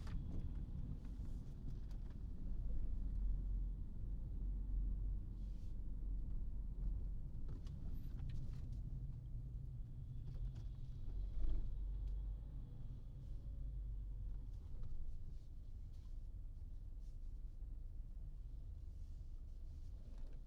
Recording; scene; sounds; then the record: everyday scene through a hearing-aid microphone; in a vehicle; engine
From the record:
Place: Berlingo II, diesel engine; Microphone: in the ear canal, right